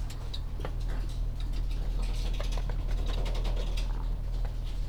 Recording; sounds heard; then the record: poultry house recording; sick chickens (respiratory disease)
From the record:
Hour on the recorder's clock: 14